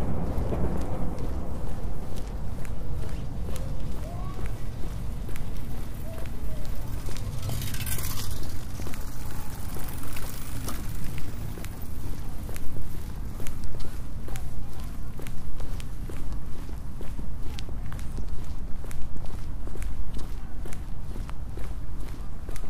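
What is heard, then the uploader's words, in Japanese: Walking footsteps tap at a steady, even pace over a low rumble, with a brief brighter burst of noise around eight seconds. 歩いている音。Walking.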